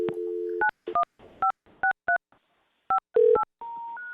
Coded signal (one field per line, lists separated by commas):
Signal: DTMF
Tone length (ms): 100 ms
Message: 9156358